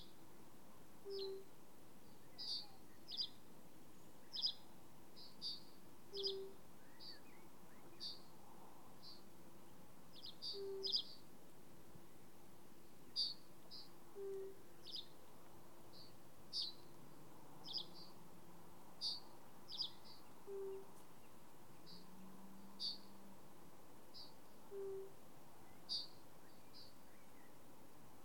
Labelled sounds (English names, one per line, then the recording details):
Fire-Bellied Toad call
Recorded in the wild
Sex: male
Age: adult
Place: Bernau bei Berlin, Barnim, Brandenburg, DE
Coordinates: 52.6633, 13.6176
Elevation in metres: 82
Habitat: pond
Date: 2019-04-30 19:58
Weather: 15°C, clear, almost windless, water 17°C
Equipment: Zoom H4nSP
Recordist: Frommolt, Karl-Heinz